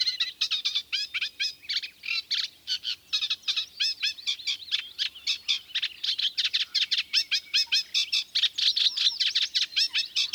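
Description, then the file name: Eurasian reed warbler singing a fast, unbroken chatter of grating and churring notes, running continuously throughout. "Kleinekarekiet"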